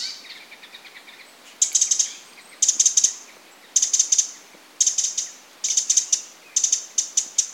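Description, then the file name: Eurasian wren repeating sharp, high clicking calls in rattling clusters roughly every second, after a quieter opening of faint ticks. "Troglodytes troglodytes"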